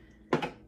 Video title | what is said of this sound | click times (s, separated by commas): VEVOR Pasta Machine Review 🍝 - Unboxing, Setup & First Time Making Fresh Pasta! | It just clicks. You can hear it click in there. | 0.3 s